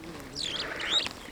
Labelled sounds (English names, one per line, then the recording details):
Superb Starling flight call
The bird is a male
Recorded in Kenya on 9 June 2010
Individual 57, of group MRC1